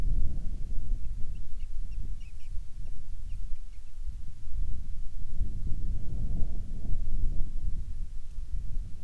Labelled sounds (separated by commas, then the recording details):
songbird, wind
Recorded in the Arctic National Wildlife Refuge, Alaska, on 10 July 2019 at 18:34
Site 44